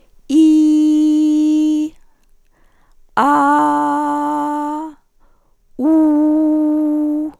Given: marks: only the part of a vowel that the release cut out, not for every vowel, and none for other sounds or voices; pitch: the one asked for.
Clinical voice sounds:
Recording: sustained vowels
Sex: female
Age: 40 to 49 years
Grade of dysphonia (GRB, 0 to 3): 1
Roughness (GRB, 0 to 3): 1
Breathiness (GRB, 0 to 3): 1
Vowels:
0.36-1.81 s: vowel /i/, high pitch
3.23-4.76 s: vowel /a/, high pitch
5.84-7.22 s: vowel /u/, high pitch
From the record:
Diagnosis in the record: hyperfunctional dysphonia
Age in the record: 47 years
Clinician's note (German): Vorbekannte ponogene Dysphonie

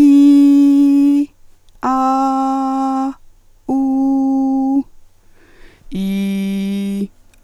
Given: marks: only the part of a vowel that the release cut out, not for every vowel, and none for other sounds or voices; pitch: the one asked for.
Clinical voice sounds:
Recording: sustained vowels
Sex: female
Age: 40 to 49 years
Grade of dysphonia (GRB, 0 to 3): 1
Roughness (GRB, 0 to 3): 1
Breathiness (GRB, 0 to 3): 0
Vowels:
0.44-1.20 s: vowel /i/, high pitch
1.88-3.05 s: vowel /a/, high pitch
3.73-4.75 s: vowel /u/, high pitch
5.98-6.99 s: vowel /i/, low pitch
From the record:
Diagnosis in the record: hyperfunctional dysphonia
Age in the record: 45 years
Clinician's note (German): Leichte Tendenz dazu bei ponogener Belastung

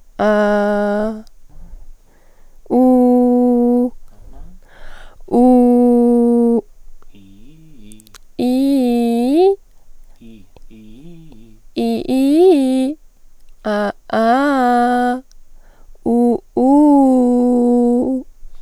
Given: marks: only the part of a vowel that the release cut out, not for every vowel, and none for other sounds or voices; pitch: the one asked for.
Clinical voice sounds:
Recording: sustained vowels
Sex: female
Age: 20 to 29 years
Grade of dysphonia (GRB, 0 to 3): 0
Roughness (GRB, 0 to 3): 0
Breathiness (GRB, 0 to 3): 0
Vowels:
0.26-0.98 s: vowel /a/, low pitch
2.79-3.77 s: vowel /u/, low pitch
8.48-9.36 s: vowel /i/, low-high-low pitch
14.20-15.05 s: vowel /a/, low-high-low pitch
16.70-17.97 s: vowel /u/, low-high-low pitch
From the record:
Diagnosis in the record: healthy voice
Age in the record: 21 years

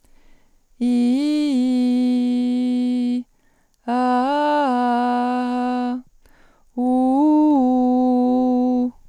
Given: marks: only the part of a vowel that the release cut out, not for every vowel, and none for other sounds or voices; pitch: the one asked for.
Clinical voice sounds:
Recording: sustained vowels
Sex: female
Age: 40 to 49 years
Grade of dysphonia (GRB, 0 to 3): 0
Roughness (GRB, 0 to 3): 0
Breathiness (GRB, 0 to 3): 0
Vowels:
0.88-3.10 s: vowel /i/, low-high-low pitch
3.94-5.89 s: vowel /a/, low-high-low pitch
6.86-8.79 s: vowel /u/, low-high-low pitch
From the record:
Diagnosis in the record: healthy voice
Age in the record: 41 years

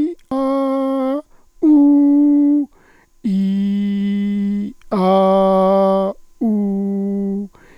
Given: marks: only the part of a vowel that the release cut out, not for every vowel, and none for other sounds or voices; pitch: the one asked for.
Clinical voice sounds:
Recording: sustained vowels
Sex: male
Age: 60 to 69 years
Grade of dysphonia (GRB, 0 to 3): 0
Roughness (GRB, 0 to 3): 0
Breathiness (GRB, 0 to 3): 0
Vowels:
0.37-1.14 s: vowel /a/, high pitch
1.68-2.57 s: vowel /u/, high pitch
3.34-4.57 s: vowel /i/, low pitch
5.11-6.01 s: vowel /a/, low pitch
6.48-7.32 s: vowel /u/, low pitch
From the record:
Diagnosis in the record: psychogenic dysphonia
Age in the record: 61 years

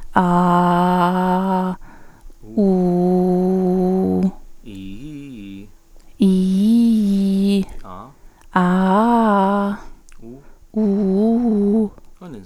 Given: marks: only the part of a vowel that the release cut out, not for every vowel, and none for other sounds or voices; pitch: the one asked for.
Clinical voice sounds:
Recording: sustained vowels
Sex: female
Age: 30 to 39 years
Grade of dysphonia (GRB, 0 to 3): 2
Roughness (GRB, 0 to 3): 1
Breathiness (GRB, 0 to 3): 2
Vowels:
0.28-1.58 s: vowel /a/, low pitch
2.64-4.13 s: vowel /u/, low pitch
6.27-7.52 s: vowel /i/, low-high-low pitch
8.62-9.64 s: vowel /a/, low-high-low pitch
10.83-11.72 s: vowel /u/, low-high-low pitch
From the record:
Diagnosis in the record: hyperfunctional dysphonia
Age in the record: 33 years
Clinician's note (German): Leichte Form bei Stimmberuf

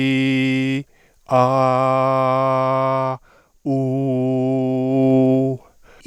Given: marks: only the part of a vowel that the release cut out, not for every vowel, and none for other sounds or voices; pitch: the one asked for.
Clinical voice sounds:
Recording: sustained vowels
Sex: male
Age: 50 to 59 years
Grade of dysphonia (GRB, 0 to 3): 1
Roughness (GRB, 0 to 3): 1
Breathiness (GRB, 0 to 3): 0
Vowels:
0.00-0.72 s: vowel /i/, normal pitch
1.56-2.97 s: vowel /a/, normal pitch
4.94-5.45 s: vowel /u/, normal pitch
From the record:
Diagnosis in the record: recurrent laryngeal nerve paralysis, dysphonia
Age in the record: 51 years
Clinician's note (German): Alte kompensierte Rec. Par. und funktionelle Dysphonie mit eher hypotonem Schwingungsbild

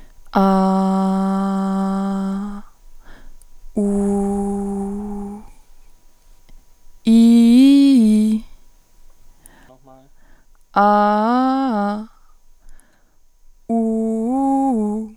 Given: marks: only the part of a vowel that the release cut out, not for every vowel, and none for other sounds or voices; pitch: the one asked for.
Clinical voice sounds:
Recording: sustained vowels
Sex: female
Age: 20 to 29 years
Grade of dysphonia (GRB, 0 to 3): 1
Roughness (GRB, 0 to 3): 0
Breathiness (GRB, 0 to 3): 1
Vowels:
0.45-2.31 s: vowel /a/, low pitch
4.14-4.97 s: vowel /u/, low pitch
7.12-8.29 s: vowel /i/, low-high-low pitch
10.81-11.89 s: vowel /a/, low-high-low pitch
13.76-14.97 s: vowel /u/, low-high-low pitch
From the record:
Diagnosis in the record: healthy voice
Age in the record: 20 years

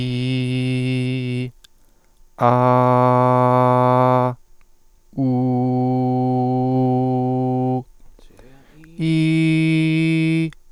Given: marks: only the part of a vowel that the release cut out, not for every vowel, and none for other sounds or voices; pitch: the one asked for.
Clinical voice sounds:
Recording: sustained vowels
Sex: male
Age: 30 to 39 years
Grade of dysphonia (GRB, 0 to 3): 0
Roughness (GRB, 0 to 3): 0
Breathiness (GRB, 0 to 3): 0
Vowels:
0.00-1.37 s: vowel /i/, normal pitch
2.79-4.19 s: vowel /a/, normal pitch
5.60-7.55 s: vowel /u/, normal pitch
9.10-10.42 s: vowel /i/, high pitch
From the record:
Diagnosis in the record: healthy voice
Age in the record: 32 years

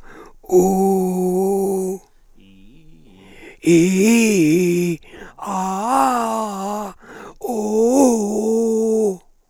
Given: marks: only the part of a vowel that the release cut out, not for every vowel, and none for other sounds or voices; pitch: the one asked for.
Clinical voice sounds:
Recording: sustained vowels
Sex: male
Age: 60 to 69 years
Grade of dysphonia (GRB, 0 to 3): 3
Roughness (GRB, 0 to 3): 2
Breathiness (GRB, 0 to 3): 3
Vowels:
0.59-1.90 s: vowel /u/, low pitch
4.35-4.93 s: vowel /i/, low-high-low pitch
5.52-6.78 s: vowel /a/, low-high-low pitch
7.61-9.05 s: vowel /u/, low-high-low pitch
From the record:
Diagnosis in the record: frontolateral partial laryngectomy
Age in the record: 67 years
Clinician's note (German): Dysphonie bei Zustand danach

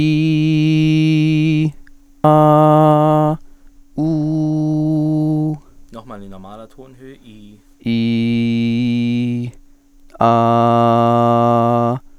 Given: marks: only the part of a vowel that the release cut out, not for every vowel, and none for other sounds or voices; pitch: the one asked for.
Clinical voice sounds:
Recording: sustained vowels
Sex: male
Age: 20 to 29 years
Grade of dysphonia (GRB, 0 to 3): 0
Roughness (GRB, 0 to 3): 0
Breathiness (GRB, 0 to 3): 0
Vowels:
0.00-1.55 s: vowel /i/, high pitch
2.33-3.25 s: vowel /a/, high pitch
4.18-5.26 s: vowel /u/, high pitch
7.94-9.35 s: vowel /i/, normal pitch
10.30-11.84 s: vowel /a/, normal pitch
From the record:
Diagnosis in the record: healthy voice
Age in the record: 21 years

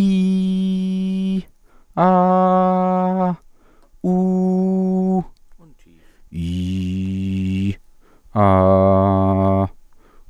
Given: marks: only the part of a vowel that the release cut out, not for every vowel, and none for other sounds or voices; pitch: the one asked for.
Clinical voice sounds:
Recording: sustained vowels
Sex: male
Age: 20 to 29 years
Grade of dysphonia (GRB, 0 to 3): 1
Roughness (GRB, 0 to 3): 0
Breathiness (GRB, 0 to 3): 0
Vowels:
0.20-1.29 s: vowel /i/, high pitch
2.08-3.13 s: vowel /a/, high pitch
4.22-5.09 s: vowel /u/, high pitch
6.47-7.55 s: vowel /i/, low pitch
8.52-9.57 s: vowel /a/, low pitch
From the record:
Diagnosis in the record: healthy voice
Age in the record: 24 years

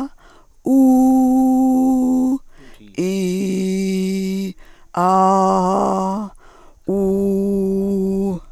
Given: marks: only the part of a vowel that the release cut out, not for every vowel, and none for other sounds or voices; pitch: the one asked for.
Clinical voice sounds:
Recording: sustained vowels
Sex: female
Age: 50 to 59 years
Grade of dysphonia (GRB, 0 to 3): 2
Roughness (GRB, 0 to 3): 2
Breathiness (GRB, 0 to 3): 1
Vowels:
0.89-2.30 s: vowel /u/, high pitch
3.07-4.44 s: vowel /i/, low pitch
5.07-6.14 s: vowel /a/, low pitch
6.99-8.26 s: vowel /u/, low pitch
From the record:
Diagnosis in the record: hyperfunctional dysphonia, Reinke's edema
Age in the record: 59 years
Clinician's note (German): Zustand nach Abtragung

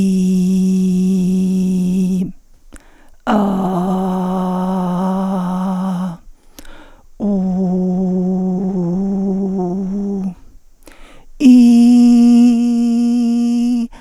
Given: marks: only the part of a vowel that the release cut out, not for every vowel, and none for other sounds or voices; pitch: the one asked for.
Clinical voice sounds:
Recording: sustained vowels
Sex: female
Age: 40 to 49 years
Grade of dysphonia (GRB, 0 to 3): 3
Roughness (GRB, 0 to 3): 2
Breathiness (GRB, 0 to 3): 3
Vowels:
0.00-1.91 s: vowel /i/, normal pitch
3.58-5.10 s: vowel /a/, normal pitch
7.36-9.38 s: vowel /u/, normal pitch
11.59-13.44 s: vowel /i/, high pitch
From the record:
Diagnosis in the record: psychogenic dysphonia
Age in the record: 49 years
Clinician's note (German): Mit hyperfunktioneller Komponente

